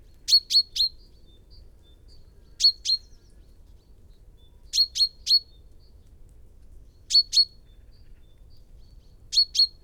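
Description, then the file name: Common chaffinch giving clipped high call notes in bursts of two or three, the bursts coming every two seconds or so. "Fringilla coelebs"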